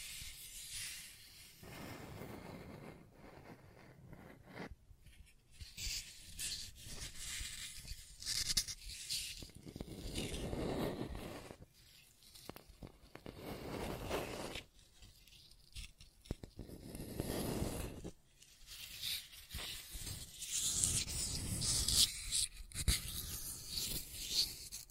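Scratching and tracing sounds come in uneven strokes, each a rough, hissy scrape lasting a second or two, separated by brief pauses. The strokes vary in pressure and pitch, some brighter and thinner, others fuller, with a few sharper clicks and scuffs scattered throughout.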